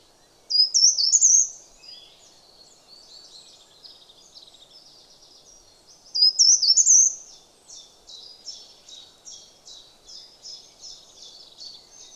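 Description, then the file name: Short-toed treecreeper song, two loud, brief, high, jumbled phrases about six seconds apart, with quieter high notes repeated steadily in the background. "Boomkruiper"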